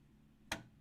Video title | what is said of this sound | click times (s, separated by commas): Father's Day late night grind on the Dell XPS case mod | that right there just that little click | 0.5 s